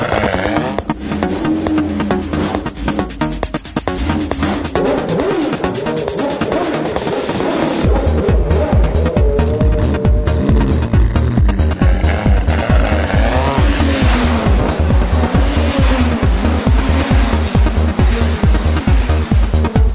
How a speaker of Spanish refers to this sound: Esta sintonía es hablar del automovilismo en Radio Ubrique